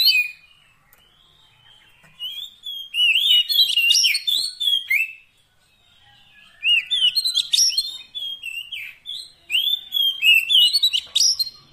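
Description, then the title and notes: Oriental magpie-robin delivering long strings of sweet, slurred whistles and quick chattering notes, with a brief pause midway. Long-duration fill-in (isian) song, meant to get a magpie-robin singing actively day and night. "Kacer Jadi Gacor Siang Malam. Isian Kacer Durasi Panjang"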